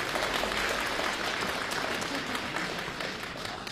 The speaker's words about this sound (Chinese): 谢谢大家，想不到还真有人鼓掌啊，真的有点不适应